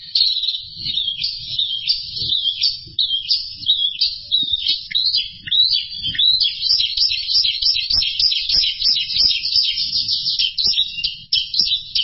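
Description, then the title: Bird song, high chattering twitters and quick trills that run almost unbroken, growing busier in the second half. "burung"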